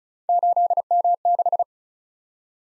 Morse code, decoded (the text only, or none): 8M6